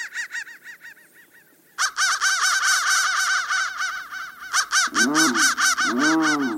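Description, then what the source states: Crow cawing in quick, harsh arched notes, soft at first, then a loud dense stretch, ending with lower, drawn-out bent caws. Processed crow sound.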